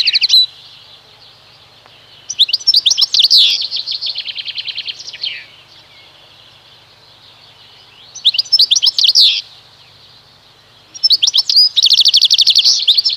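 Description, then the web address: European goldfinch song: bursts of rapid, tinkling, twittering notes with buzzy trills, delivered in phrases of one to three seconds separated by pauses. "Ptaki Szczygieł"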